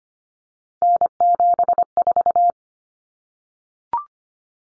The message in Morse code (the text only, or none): N74